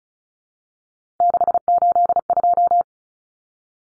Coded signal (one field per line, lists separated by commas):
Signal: Morse code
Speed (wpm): 34 wpm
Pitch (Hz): 700 Hz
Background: none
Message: 682